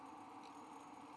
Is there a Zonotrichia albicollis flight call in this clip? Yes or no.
no